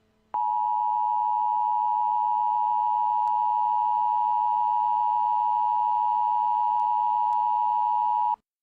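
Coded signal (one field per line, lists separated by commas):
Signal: Emergency Alert System (SAME) tones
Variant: 853 and 960 Hz attention tone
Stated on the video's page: Simulated scenario alert depicting a fictional tornado outbreak; the page warns against loud headphone listening.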